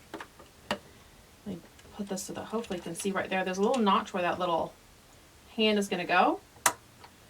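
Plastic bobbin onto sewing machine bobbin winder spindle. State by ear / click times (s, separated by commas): seated / 6.7 s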